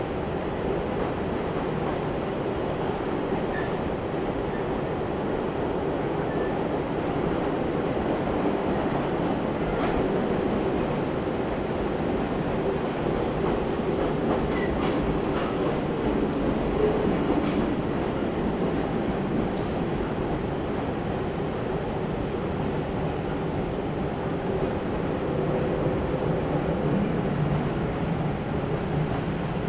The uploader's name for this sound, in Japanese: 伊豆箱根鉄道 大雄山線 小田原→大雄山